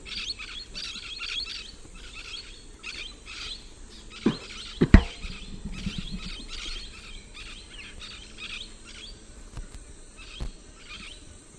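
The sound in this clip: Bird chirping: many quick, high, scratchy chirps in loose bursts, with a few sharp clicks and a steady low background rumble.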